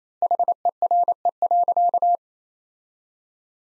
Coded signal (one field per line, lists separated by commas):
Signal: Morse code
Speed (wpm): 27 wpm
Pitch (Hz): 700 Hz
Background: none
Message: HERE.